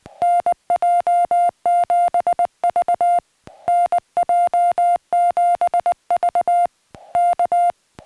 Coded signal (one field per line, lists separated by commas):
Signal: Morse code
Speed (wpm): 19 wpm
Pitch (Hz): 700 Hz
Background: music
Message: NJ7V NJ7V K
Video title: SOTA in the Howling Wind Atop Wolf Mountain